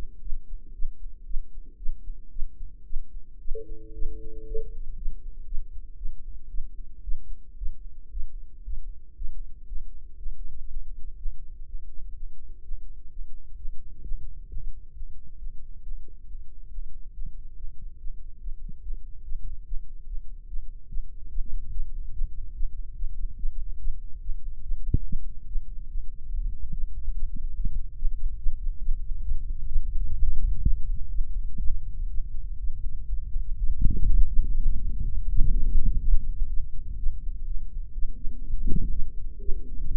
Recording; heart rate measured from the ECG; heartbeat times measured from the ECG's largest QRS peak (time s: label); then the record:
heart sounds by microphone in the right ear; 129 bpm
0.22 s: heartbeat
0.75 s: heartbeat
1.26 s: heartbeat
1.78 s: heartbeat
2.32 s: heartbeat
2.86 s: heartbeat
3.41 s: heartbeat
3.94 s: heartbeat
4.48 s: heartbeat
4.98 s: heartbeat
5.47 s: heartbeat
5.98 s: heartbeat
6.50 s: heartbeat
7.04 s: heartbeat
7.58 s: heartbeat
8.12 s: heartbeat
8.65 s: heartbeat
9.16 s: heartbeat
9.67 s: heartbeat
10.17 s: heartbeat
10.67 s: heartbeat
11.17 s: heartbeat
11.66 s: heartbeat
12.14 s: heartbeat
12.62 s: heartbeat
13.09 s: heartbeat
13.56 s: heartbeat
14.02 s: heartbeat
14.47 s: heartbeat
14.92 s: heartbeat
15.37 s: heartbeat
15.81 s: heartbeat
16.25 s: heartbeat
16.68 s: heartbeat
17.12 s: heartbeat
17.54 s: heartbeat
17.97 s: heartbeat
18.39 s: heartbeat
18.81 s: heartbeat
19.22 s: heartbeat
19.64 s: heartbeat
20.05 s: heartbeat
20.46 s: heartbeat
20.87 s: heartbeat
21.29 s: heartbeat
21.70 s: heartbeat
22.12 s: heartbeat
22.53 s: heartbeat
22.95 s: heartbeat
23.36 s: heartbeat
23.78 s: heartbeat
24.20 s: heartbeat
24.62 s: heartbeat
25.04 s: heartbeat
25.46 s: heartbeat
25.88 s: heartbeat
26.29 s: heartbeat
26.71 s: heartbeat
27.13 s: heartbeat
27.55 s: heartbeat
27.96 s: heartbeat
28.38 s: heartbeat
28.80 s: heartbeat
29.23 s: heartbeat
29.68 s: heartbeat
30.15 s: heartbeat
30.62 s: heartbeat
31.10 s: heartbeat
31.59 s: heartbeat
32.10 s: heartbeat
32.59 s: heartbeat
33.09 s: heartbeat
33.58 s: heartbeat
34.08 s: heartbeat
34.57 s: heartbeat
35.05 s: heartbeat
35.52 s: heartbeat
35.99 s: heartbeat
36.48 s: heartbeat
36.98 s: heartbeat
37.46 s: heartbeat
37.94 s: heartbeat
38.42 s: heartbeat
38.91 s: heartbeat
39.40 s: heartbeat
39.91 s: heartbeat
From the record:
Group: healthy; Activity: rest 0-2 s, Valsalva maneuver 2-32 s, rest 32-40 s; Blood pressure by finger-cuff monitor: 158/99 mmHg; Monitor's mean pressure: 113 mmHg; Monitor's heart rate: 125 bpm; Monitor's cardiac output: 8.7 L/min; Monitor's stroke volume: 65 mL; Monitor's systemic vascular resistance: 960 dyn s/cm5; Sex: female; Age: 19 years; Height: 163 cm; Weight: 51 kg